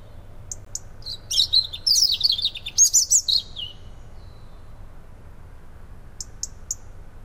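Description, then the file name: European robin giving a high, thin, tumbling warble of quick slurred notes, with faint high notes before and after, over a low steady background rumble. "Erithacus rubecula"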